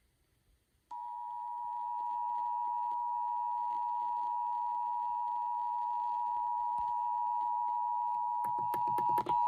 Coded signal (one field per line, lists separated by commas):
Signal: Emergency Alert System (SAME) tones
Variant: 853 and 960 Hz attention tone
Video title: 3/4/26 - North Carolina Statewide Tornado Drill on WTQR || EAS 2,051